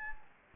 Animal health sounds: mosquito wingbeat signal from an infrared sensor; Anopheles gambiae

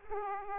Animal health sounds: mosquito wingbeat signal from an infrared sensor; Aedes aegypti

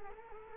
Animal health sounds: mosquito wingbeat signal from an infrared sensor; Culex quinquefasciatus

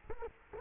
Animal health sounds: mosquito wingbeat signal from an infrared sensor; Culex quinquefasciatus

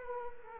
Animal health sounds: mosquito wingbeat signal from an infrared sensor; Culex quinquefasciatus

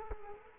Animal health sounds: mosquito wingbeat signal from an infrared sensor; Culex quinquefasciatus

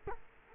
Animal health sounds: mosquito wingbeat signal from an infrared sensor; Culex quinquefasciatus

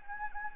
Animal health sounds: mosquito wingbeat signal from an infrared sensor; Anopheles gambiae

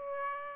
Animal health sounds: mosquito wingbeat signal from an infrared sensor; Aedes aegypti

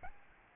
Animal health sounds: mosquito wingbeat signal from an infrared sensor; Aedes albopictus

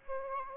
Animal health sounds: mosquito wingbeat signal from an infrared sensor; Aedes aegypti

